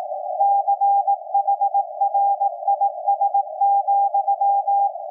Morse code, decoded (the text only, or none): CHRIS,